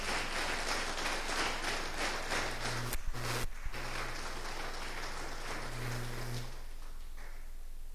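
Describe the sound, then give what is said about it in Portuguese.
A church audience applauds after a prayer, asked to give a round of applause in the name of Jesus, with steady, dense clapping that holds at an even level for several seconds, a low sustained tone humming underneath and a few sharper claps standing out briefly. “E eu te peço para você dar uma salva de palmas, em nome de Jesus.”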